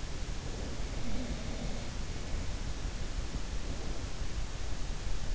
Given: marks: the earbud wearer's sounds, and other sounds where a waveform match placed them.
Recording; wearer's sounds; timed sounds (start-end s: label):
sounds in sleep by an in-ear microphone; breath
0.42-3.33 s: breath